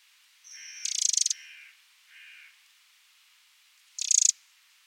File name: Troglodytes troglodytes